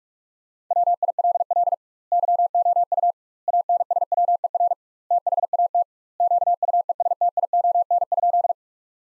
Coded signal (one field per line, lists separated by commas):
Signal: Morse code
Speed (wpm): 42 wpm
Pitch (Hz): 700 Hz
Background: none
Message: WILL YOU ANSWER THAT QUESTION?